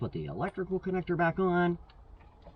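Someone talks while getting ready to push an electrical connector back onto a new EVAP purge/vent valve, replaced for code P0496, followed by faint, quiet handling noise. Nothing has seated or clicked yet.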